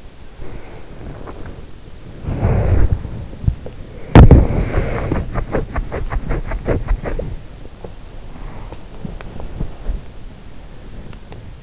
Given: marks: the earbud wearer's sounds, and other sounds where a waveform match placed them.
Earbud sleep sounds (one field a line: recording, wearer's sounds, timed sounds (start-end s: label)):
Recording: sounds in sleep by an in-ear microphone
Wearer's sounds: body movement, breath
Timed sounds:
0.00-11.63 s: body movement
0.27-1.71 s: breath